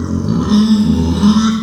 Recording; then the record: squeal of a Yucatan mini pig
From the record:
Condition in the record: after surgery on the right vocal fold (resection and tissue-engineered implant); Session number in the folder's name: 13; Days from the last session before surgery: 113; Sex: female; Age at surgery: 19 weeks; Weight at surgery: 25 kg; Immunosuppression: prednisolone